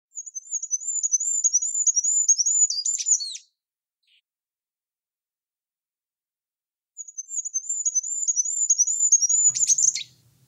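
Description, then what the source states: Goldcrest song, a very high, thin, wavering series of rapid notes ending in a brief flourish, given twice with a pause of about three and a half seconds between. Sometimes heard in January and February, singing in earnest from mid-March; thin, high, wavering song, soft in the background, easily missed in a forest with other birds.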